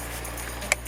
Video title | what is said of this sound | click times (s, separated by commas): How to change CABIN FILTER on a VW ATLAS | it in boom and then this you can just pop in look boom you hear that click and that's | 0.7 s